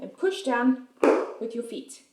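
A microfibre spin mop head rests on the mop's plastic base plate on the floor while someone talks about pushing down on it with their feet. Only speech and faint handling sounds are heard. The mop head has not clicked or seated onto the base yet.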